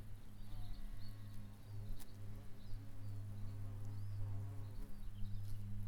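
Bees buzzing in a constant low hum, joined at times by a wavering higher buzz.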